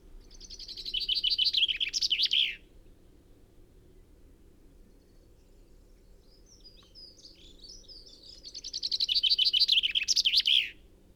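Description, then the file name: Common chaffinch singing two rattling, descending song phrases about six seconds apart, with faint chirps between. "Fringilla coelebs"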